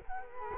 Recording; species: mosquito wingbeat signal from an infrared sensor; Culex quinquefasciatus